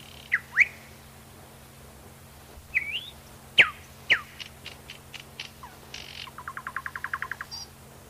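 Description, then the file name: Common nightingale singing varied phrases: sharp whistled slurs and upsweeps, then a rapid run of repeated clicking notes, with a steady low hum underneath. "solovey"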